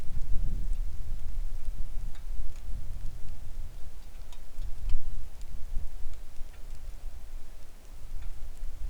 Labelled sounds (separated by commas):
songbird, wind, rain